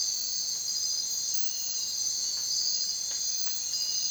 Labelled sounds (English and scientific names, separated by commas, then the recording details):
none
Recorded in secondary vegetation near Puerto Asís, Putumayo, Colombia, on 23 June 2025 at 04:00
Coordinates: 0.499, -76.323
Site G077